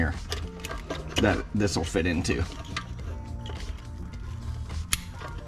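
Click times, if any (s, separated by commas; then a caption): 4.9 s. A kill switch harness connector is pushed into its mating plug under the dash of a 2001 SUV while someone talks. A sharp plastic click at 4.9 seconds marks the connector snapping in and seating.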